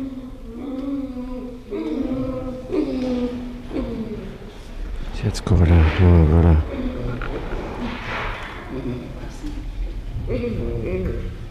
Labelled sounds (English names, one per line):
Western Gorilla call